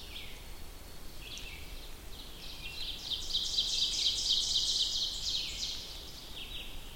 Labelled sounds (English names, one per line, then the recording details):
Ovenbird song
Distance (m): 40 m
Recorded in boreal forest in Alberta, Canada, on 2 June 2016 at 07:56
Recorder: SongMeter 3, array SBT-3-7
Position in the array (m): 37 m, 153 m
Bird 4